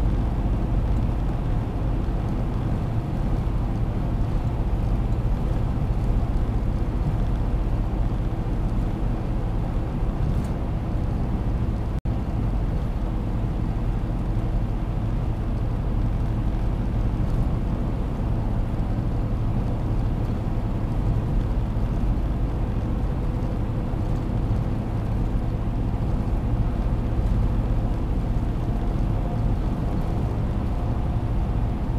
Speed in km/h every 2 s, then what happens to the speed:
113, 113, 112, 112, 111, 110, 111, 110, 110, 110, 110, 111, 111, 112, 113, 113.
0-32 steady at about 111.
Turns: none.